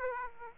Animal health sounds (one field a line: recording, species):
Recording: mosquito wingbeat signal from an infrared sensor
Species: Aedes aegypti